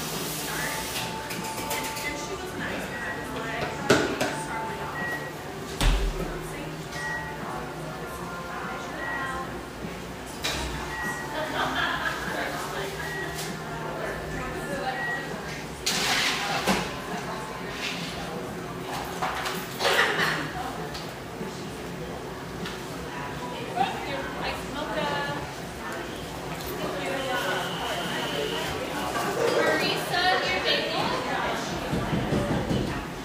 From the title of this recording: Pearl District, Portland, Oregon